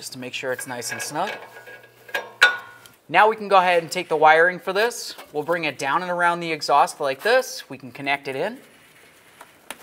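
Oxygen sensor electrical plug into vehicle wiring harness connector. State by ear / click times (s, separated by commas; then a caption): seated / 9.7 s. The new downstream oxygen sensor's wiring on a 2007–12 Nissan Sentra is routed down and around the exhaust, and its plastic plug is pushed into the vehicle wiring harness connector. Someone talks throughout, with a few sharp knocks around 2.1–2.9 s. A short click at 9.7 s marks the connector seating.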